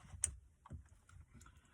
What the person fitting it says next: and the rear harness is in